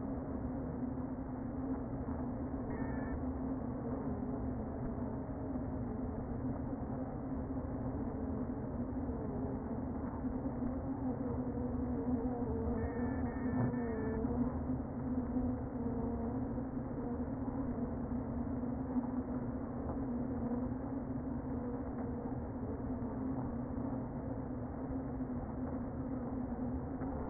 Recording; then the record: honeybee colony, microphone inside the hive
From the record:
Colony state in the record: queen present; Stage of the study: before two queens were removed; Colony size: about 60,000 bees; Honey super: yes